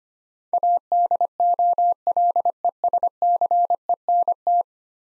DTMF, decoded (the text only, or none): none